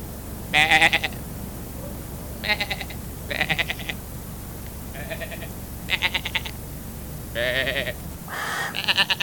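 Sheep bleating, several wavering, quavering bleats at uneven gaps, over a steady low background hum.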